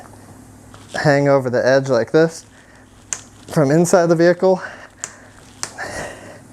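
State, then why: Seated. Someone talks while pressing the plastic window trim on a Lexus GX470 down into the door window channel, working from inside the vehicle with a hand hanging over the edge. A sharp tap sounds near 3.1 s, then the trim clips click down at about 5.0 s and 5.6 s, seating firmly in place.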